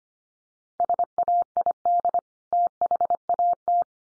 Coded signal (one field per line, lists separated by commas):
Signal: Morse code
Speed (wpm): 25 wpm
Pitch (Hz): 700 Hz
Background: none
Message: SAID THAT